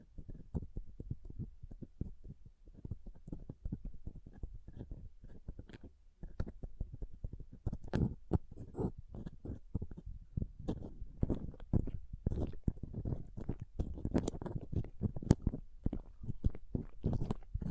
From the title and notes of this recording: ASMR Ultimate Pom Pom Tingles (No Talking).